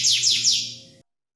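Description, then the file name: Canary song fragment: three quick downward-sweeping whistled notes in a row, then fading out. Standard canary song. "suara kicauan kenari standar. omkicau"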